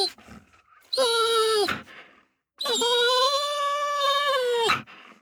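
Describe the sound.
Dog whining in two long, drawn-out tonal whines, the second longer and steady, with a brief pause between them.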